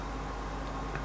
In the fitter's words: into the tube and then you push this until it clicks